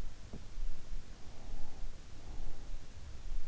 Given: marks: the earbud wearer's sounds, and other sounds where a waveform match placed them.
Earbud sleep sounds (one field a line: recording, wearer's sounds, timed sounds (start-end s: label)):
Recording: sounds in sleep by an in-ear microphone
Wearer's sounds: teeth grinding, breath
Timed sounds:
0.00-0.78 s: teeth grinding
1.23-3.34 s: breath